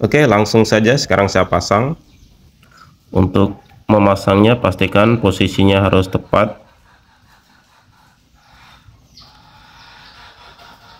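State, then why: Not seated. Someone talks while a RAM module is lined up in the memory slot of an Acer Aspire ES 1-431 laptop, positioned exactly before being pressed down. Soft handling noises follow as the speech stops, with a faint tap around 2.6 s and a brief hiss from about 9.2 s. Nothing has seated or clicked yet.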